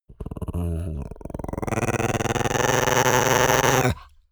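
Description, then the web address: Chihuahua growling, a rough rattling growl that rises into a louder, harsher snarl held for a couple of seconds before stopping abruptly. Growl described as creaking. "soundpool geraeusche natur-tiere hunde"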